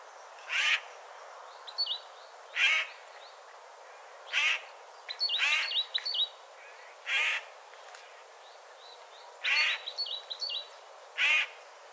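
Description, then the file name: Eurasian jay calling in repeated short, hoarse screeches every couple of seconds, with high tinkling notes of other small birds in between. "Garrulus glandarius"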